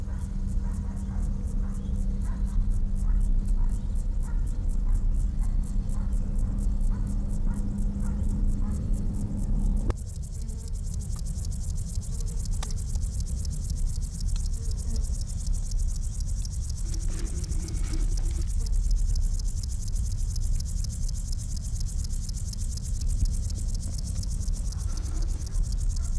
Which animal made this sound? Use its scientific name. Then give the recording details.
Chorthippus apricarius. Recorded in the wild. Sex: pair. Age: imago. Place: Botanische Anlage Blankenfelde, Berlin, DE. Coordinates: 52.603, 13.4. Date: 1993-08-15 10:30. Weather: sonnig, 24-28°C. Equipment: Marantz CP 430, Sennheiser ME 80, Kopie Uher Variocord 263. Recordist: Tembrock, Günter